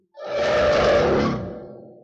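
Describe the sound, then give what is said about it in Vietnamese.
A single monstrous roar from the monster Khôi Lạc as it rushes forward bursts in, deep and gravelly with a harsh tonal edge, holding loud for over a second before slowly tapering off. No one speaks. “Quái vật Khôi Lạc gầm lên một tiếng, vọt nhanh tới.”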